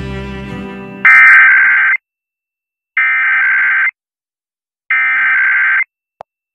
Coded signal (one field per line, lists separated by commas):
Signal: Emergency Alert System (SAME) tones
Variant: header bursts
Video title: Afternoon Air1 Weekly (EAS #20886) 7/24/24